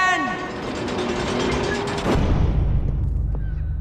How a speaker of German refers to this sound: Das große Tor schließt sich knallend hinter ihnen.